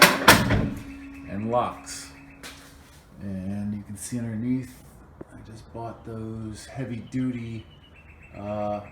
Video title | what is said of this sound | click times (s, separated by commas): My Small Workshop(How to, and Tutorial about my shop) #019 | simply pull up and locks | 0.0 s, 0.3 s